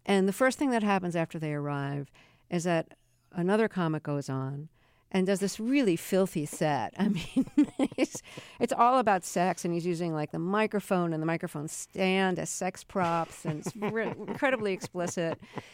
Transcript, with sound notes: And the first thing that happens after they arrive is that another comic goes on and does this really filthy set. (Laughter) I mean, it's all about sex. And he's using like the microphone and the microphone stand as sex props. And it's incredibly explicit.